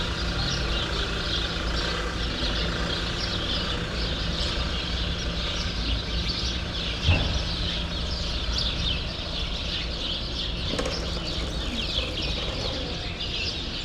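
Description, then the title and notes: Sparrows keep up a thick chirping chorus, with two sharp clicks partway through and a low steady hum behind. Sparrows in a grove at Rue Saint-Jean Népomucène, Brussels, Belgium; recorded with Earsight V2 AB microphones into a Mixpre-3. "Rue Saint-Jean Népomucène 13, 1000 Bruxelles, Belgique - Sparrows - Moineaux. Moineaux dans un bosquet. Sparrows in a grove"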